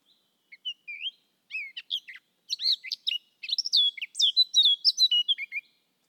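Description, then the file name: Eurasian blackcap singing a rich scratchy warble that starts with a few soft notes, then speeds into a dense run of varied chirps and whistled slurs. "Sylvia atricapilla"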